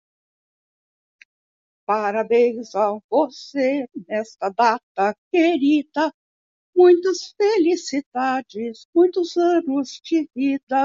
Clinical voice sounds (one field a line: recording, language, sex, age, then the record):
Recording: short text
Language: Brazilian Portuguese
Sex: female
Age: 70 to 79 years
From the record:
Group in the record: control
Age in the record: 71 years